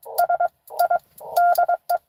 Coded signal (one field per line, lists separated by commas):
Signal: Morse code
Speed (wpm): 22 wpm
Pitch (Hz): 700 Hz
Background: none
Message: SI DE